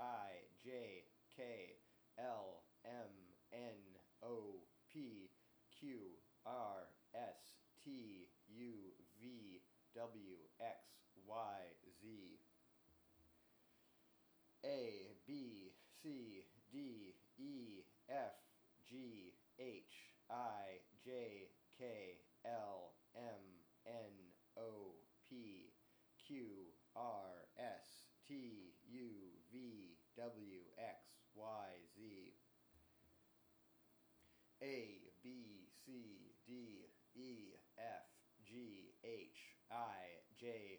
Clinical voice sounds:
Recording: letters of the alphabet, spoken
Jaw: free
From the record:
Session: seven days later

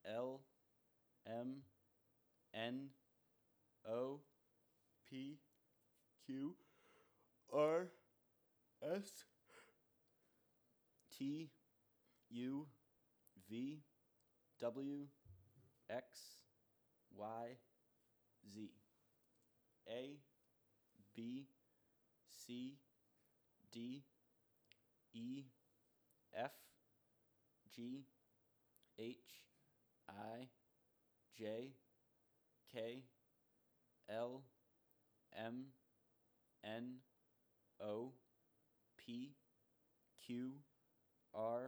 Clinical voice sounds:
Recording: letters of the alphabet, spoken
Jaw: free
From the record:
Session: first day, before the bite bar

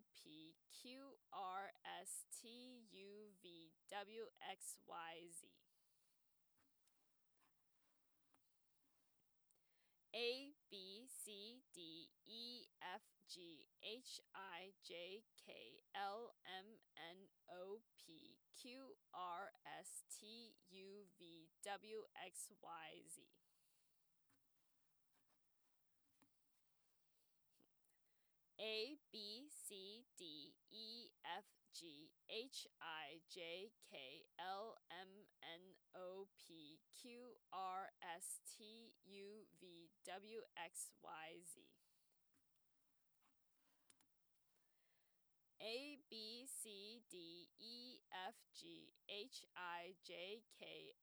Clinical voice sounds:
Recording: letters of the alphabet, spoken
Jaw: free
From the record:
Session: first day, before the bite bar

